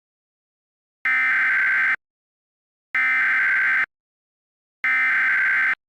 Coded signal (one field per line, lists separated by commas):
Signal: Emergency Alert System (SAME) tones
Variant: header bursts